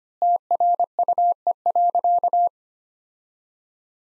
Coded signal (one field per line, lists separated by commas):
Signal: Morse code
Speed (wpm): 25 wpm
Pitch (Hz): 700 Hz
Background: none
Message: TRUE.